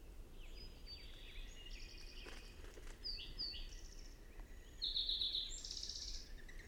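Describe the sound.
Bird song of high whistled notes and quick buzzy trills, growing louder toward the end, over a steady low background rumble.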